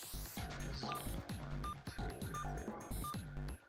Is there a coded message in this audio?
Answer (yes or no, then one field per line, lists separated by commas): no